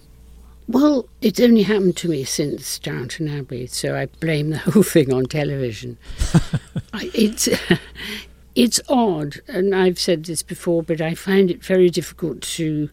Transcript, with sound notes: Well, it's only happened to me since "Downton Abbey," so I blame the whole thing on television.
(LAUGHTER)
It's odd. And I've said this before, but I find it very difficult